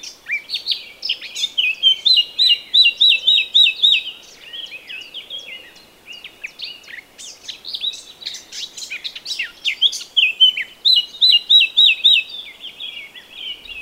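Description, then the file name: Eurasian blackcap song: two bursts of fast chattering warble ending in series of bright whistled notes, separated by a short quieter pause. "Sylvia atricapilla"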